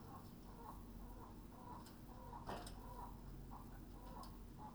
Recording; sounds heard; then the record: poultry house recording; healthy chickens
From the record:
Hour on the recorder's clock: 21